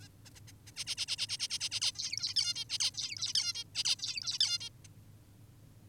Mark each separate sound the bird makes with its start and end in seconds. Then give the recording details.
0.02-0.08, 0.26-0.30, 0.35-0.40, 0.48-0.52, 0.67-0.72, 0.76-0.84, 0.87-0.95, 0.98-1.06, 1.08-1.16, 1.18-1.27, 1.29-1.38, 1.40-1.48, 1.50-1.59, 1.60-1.69, 1.72-1.80, 1.82-1.92, 1.95-2.34, 2.36-2.54, 2.56-2.64, 2.70-2.78, 2.80-2.91, 2.94-3.33, 3.35-3.53, 3.55-3.64, 3.75-3.84, 3.85-3.96, 3.99-4.38, 4.40-4.58, 4.60-4.69, 4.85-4.88. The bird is an adult. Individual g19o10U